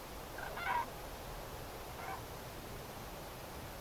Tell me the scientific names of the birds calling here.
Grus grus